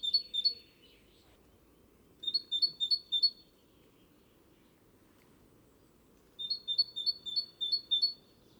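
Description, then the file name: Great tit song: bright two-note phrases, high then slightly higher, repeated quickly in three bursts separated by pauses, over a soft low hum. "Parus major"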